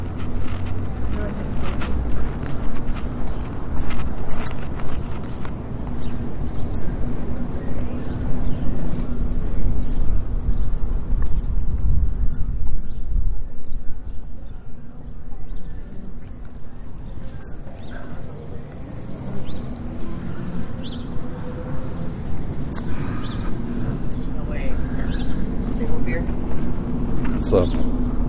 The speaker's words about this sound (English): Market. It's a market.